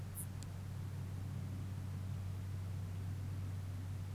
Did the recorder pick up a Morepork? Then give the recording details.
no. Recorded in New Zealand on 1 June 2017. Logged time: 19:46. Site Taranaki